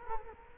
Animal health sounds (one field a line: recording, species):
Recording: mosquito wingbeat signal from an infrared sensor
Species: Culex quinquefasciatus